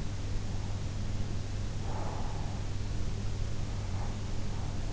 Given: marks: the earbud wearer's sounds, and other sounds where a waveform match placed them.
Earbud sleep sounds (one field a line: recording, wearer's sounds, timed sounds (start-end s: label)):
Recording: sounds in sleep by an in-ear microphone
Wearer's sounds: breath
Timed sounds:
1.42-3.15 s: breath